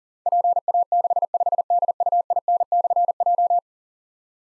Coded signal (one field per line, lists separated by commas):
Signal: Morse code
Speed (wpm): 42 wpm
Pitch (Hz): 700 Hz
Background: none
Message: PA65DUIN/J